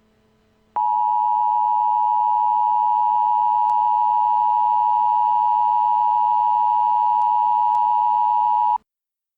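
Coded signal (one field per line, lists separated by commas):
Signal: Emergency Alert System (SAME) tones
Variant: 853 and 960 Hz attention tone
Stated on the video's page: Fictional EAS scenario recreation.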